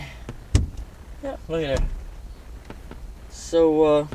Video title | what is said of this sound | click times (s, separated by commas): Unpacking A LifeHammer Emergency Hammer and Seat Belt Cutter | and it should snap right into there like that. Yeah, | 0.3 s, 0.6 s